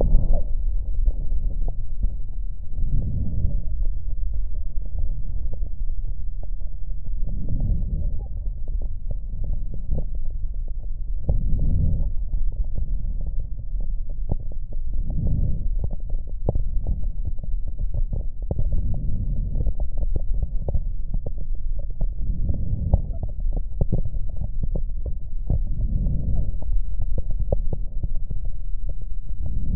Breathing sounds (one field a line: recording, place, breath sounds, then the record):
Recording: lung sounds by stethoscope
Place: left posterior middle chest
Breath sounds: expiratory wheeze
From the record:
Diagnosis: COPD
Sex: male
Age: 53 years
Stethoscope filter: extended mode, 50 to 500 Hz